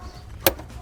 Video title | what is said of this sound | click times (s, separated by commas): She couldn’t AFFORD the car repair… and the cost kept climbing | I'm gonna hear it click. | 0.5 s